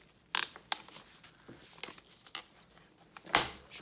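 A vanity mirror assembly is pressed back into the plastic sun visor of a 1995–2000 Suburban, Yukon, Tahoe, Blazer or Jimmy, with pressure applied so its four retaining clips snap in. Sharp clicks ring out at 0.4, 0.7 and 3.4 seconds amid faint rustling and smaller ticks. The mirror's clips are seated.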